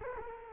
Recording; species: mosquito wingbeat signal from an infrared sensor; Culex quinquefasciatus